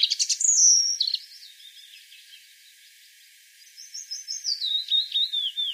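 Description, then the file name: European robin song: a bright burst of high sweeping notes, a faint trailing warble, a pause, then a thin, descending, whistled phrase. "Erithacus rubecula"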